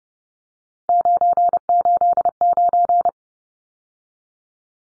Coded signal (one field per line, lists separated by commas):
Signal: Morse code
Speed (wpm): 29 wpm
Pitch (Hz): 700 Hz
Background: none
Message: 989